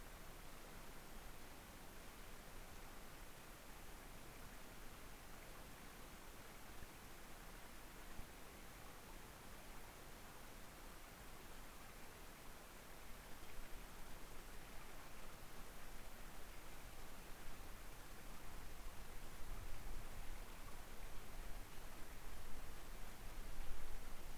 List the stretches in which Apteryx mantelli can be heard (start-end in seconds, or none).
none